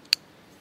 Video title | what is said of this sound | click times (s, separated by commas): Excellent Thrower! - Exotac polySTRIKER XL Ferrocerium - Preview and Test | and it pops into place just like that very nice now for the poly Striker XL | 0.1 s